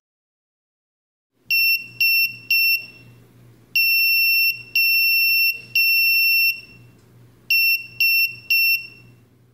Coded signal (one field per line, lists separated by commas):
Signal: Morse code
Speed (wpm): 5 wpm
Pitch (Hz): 2700 Hz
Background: none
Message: SOS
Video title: Prototyping Perfboard Arduino Nano CW Keyer, Trainer, Packet Radio